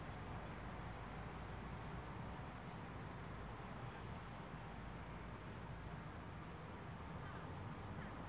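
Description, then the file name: Cricket calling with a thin, very high trill pulsed in a fast, even rhythm throughout, over a faint low background hum. Crickets heard in a city. "Crickets in the City"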